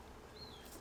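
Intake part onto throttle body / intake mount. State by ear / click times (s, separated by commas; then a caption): not seated / none. An RBC intake is being handled and fed onto the throttle body of a K24-swapped EK hatch, with its lower section about to be pushed on. Only a steady low rumble with a faint high whistle is heard during the 0.9-second clip. Nothing has seated or clicked yet.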